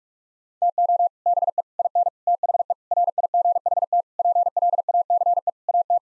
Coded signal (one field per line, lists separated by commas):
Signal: Morse code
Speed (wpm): 41 wpm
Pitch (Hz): 700 Hz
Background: none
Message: TO BE IN THE RIGHT PLACE AT